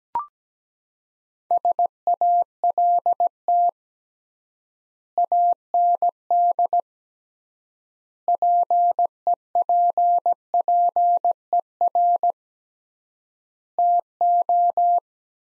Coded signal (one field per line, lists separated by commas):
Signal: Morse code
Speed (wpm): 17 wpm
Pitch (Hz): 700 Hz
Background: none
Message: SALT AND PEPPER TO